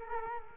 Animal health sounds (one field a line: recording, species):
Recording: mosquito wingbeat signal from an infrared sensor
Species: Culex quinquefasciatus